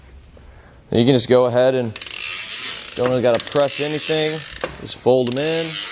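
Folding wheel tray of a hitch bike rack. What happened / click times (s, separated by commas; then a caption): The folding tray was handled but had not yet locked home / none. The folding wheel trays of a Thule Helium 2 hitch-mounted platform bike rack are folded in by hand with no button pressed, while someone talks and ratcheting mechanism noise comes through. The clip ends before the trays go home, so nothing has seated or clicked yet.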